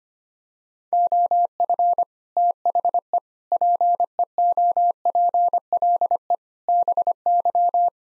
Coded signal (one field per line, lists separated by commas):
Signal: Morse code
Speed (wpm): 25 wpm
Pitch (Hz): 700 Hz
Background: none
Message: OF THE PEOPLE BY